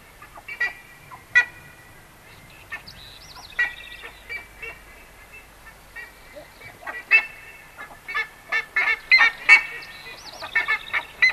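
Buff-necked ibis honking in loose, irregular series that build into a busier chorus toward the end, with a wavering whistle from another bird.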